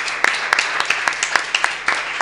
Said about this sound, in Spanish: Bueno, un aplauso final.